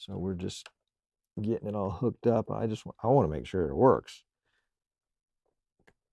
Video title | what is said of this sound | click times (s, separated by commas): Upgrading My vMix GO - Part 5 - Minor Surgery To Make It All Fit | click did we click we didn't click | none